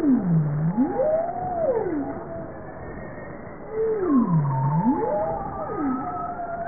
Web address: bowhead